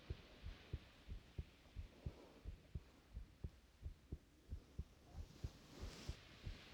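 Steady, soft paired low thumps at roughly 90 beats a minute, a 'to-kun, to-kun' rhythm: a normal adult heartbeat heard close up with an ear against the chest.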